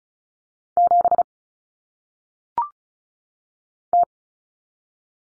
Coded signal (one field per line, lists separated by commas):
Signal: Morse code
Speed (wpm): 34 wpm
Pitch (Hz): 700 Hz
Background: none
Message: 7 T